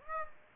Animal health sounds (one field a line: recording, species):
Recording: mosquito wingbeat signal from an infrared sensor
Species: Aedes aegypti